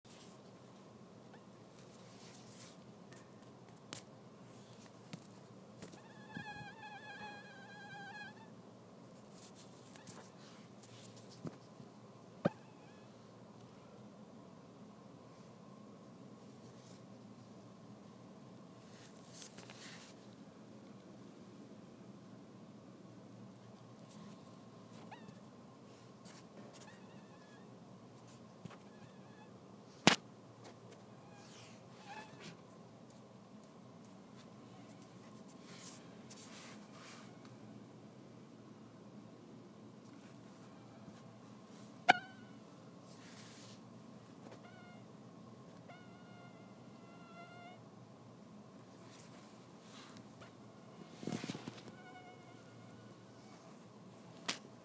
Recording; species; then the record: mosquito flight sound by mobile phone; Anopheles dirus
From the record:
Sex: male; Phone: iPhone 6